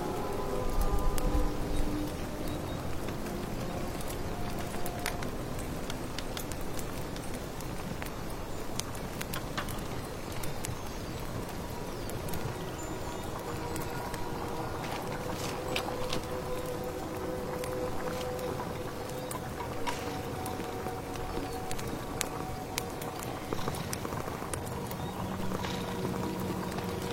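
Steady rustling rain hisses throughout, dense and even, with scattered sharp crackles and pops like burning firewood. Thin tonal whistles of birdsong drift in and out, especially around the middle. A brief louder thump sounds near the start.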